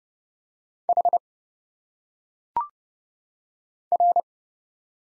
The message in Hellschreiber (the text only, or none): none